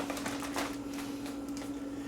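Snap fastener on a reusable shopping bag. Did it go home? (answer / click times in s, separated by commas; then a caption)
no / none. Someone handles the snap fastener on a reusable shopping bag, trying to close it, producing a few short clicks and rustling over a steady hum. The fastener has not caught yet, so nothing has snapped into place.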